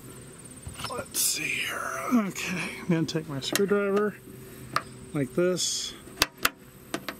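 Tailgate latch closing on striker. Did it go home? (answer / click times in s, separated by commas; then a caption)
yes / 6.2 s, 6.5 s. On a 1999 Subaru Outback, after a new handle is installed, a screwdriver pushes the metal tailgate latch closed on its striker while someone talks. The latch snaps through two sharp clicks at 6.2 s and 6.5 s and is seated.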